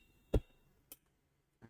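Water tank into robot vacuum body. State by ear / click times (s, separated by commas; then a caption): seated / 0.3 s, 0.9 s. A plastic water tank or mop module is lowered and pushed into its mount on a Xiaomi robot vacuum. Two sharp tick-like clicks ring out at 0.3 s and 0.9 s, followed by a softer low knock near the end. The tank is seated in place.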